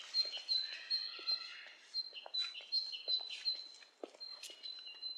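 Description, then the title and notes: Bird calls, continuous high thin whistles mixed with lower chattering and clicky notes, busy and uneven throughout. Two birds interacting; lo-fi recording. "bird dialogs. lo-fi recording of two birds interacting"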